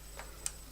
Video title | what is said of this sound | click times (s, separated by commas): Enfield Spring Review | And then when you're about to slot on, let it go, and then just like kind of move it until it clicks into place. | 0.5 s